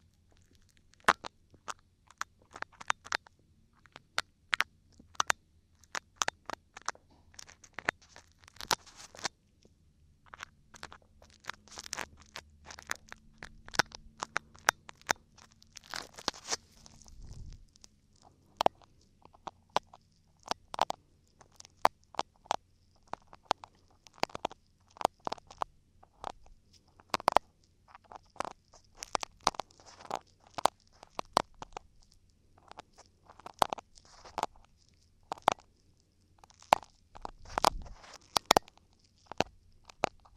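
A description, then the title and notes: Ear cleaning with a dense, irregular stream of sharp crackles and scratchy clicks running the full length, bright. A faint low hum sits underneath, and a couple of dull thumps land around the middle and near the end. ASMR Ear Cleaning For Deep Relaxation & Tingles [ NO TALKING ].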